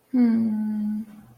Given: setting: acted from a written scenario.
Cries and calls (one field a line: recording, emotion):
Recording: vocal sound without words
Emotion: sadness